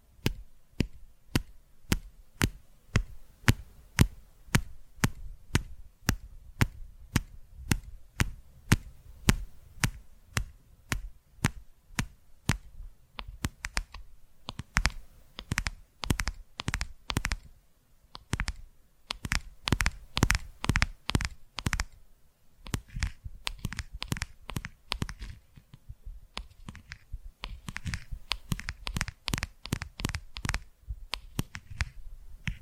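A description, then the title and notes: Crisp tapping: steady, evenly spaced taps for the first dozen seconds, then faster, clustered bursts of rapid taps. ASMR Tapping Through Your Brain Invisible + 3D Triggers (No Talking).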